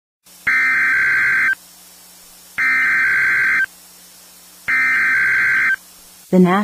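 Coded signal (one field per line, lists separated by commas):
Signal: Emergency Alert System (SAME) tones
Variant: header bursts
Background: speech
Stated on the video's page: A tornado warning alert inserted into a comedy clip.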